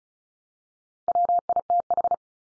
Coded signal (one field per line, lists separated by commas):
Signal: Morse code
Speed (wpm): 34 wpm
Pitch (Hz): 700 Hz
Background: none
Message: WITH